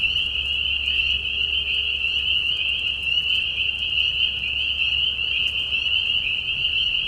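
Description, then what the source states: Spring peepers, a relentless chorus of thin high whistles blending into one ringing tone, a low hum beneath. Peeper frogs giving mating calls in a marsh at night during a very short spring season, Tiny Marsh Conservation Area, Tiny, Ontario; high whistles at low volume.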